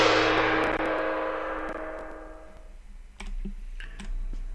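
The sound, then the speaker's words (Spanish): A single loud gong strike, played to mark the news that the Jets named Todd Bowles head coach, opens with a bright crash, then a shimmering metallic tone slowly fades over about three seconds. A few soft clicks and a low rumble follow. “Voy a quitar la música para poner el gong bien”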